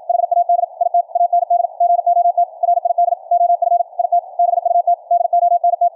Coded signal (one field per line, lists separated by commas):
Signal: Morse code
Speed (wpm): 53 wpm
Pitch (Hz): 700 Hz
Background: none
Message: HAD IT AND GOT RID OF IT BUT DONT